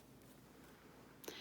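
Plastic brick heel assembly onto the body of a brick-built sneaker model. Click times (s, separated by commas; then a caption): 1.3 s. The plastic brick heel assembly of a Lego Adidas Originals Superstar set (#10282) is pushed onto the body of the brick-built sneaker over a quiet background. A sharp, bright plastic click sounds at 1.3 s as the heel section clips into place and is seated.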